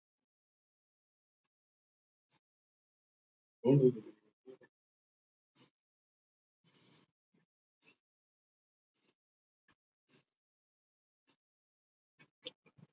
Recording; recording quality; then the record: shallow breathing; excellent, no background noise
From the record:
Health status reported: COVID-19 positive, mild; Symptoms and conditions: cough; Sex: male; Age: 23 years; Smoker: yes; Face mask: not worn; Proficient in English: no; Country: India